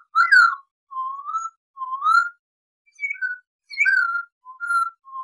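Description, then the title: Masked laughingthrush giving several whistled notes, mostly slowly rising slurs with a few quicker falling whistles. Training recording for cage birds. "MASTERAN AMPUH SUARA BURUNG POKSAY HONGKONG GACOR 1"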